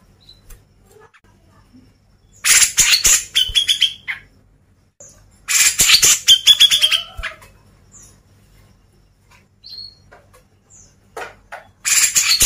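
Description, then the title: Grey-cheeked bulbul song: three bouts of harsh, stuttering chatter with short whistled inflections, separated by quiet pauses. Masteran: training recording for cage birds. "MASTERAN CUCAK JENGGOT"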